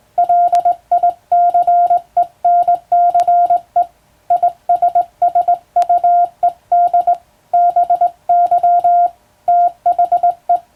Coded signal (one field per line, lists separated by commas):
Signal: Morse code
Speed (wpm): 20 wpm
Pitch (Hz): 700 Hz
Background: music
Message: LICENCE ISSUED BY THE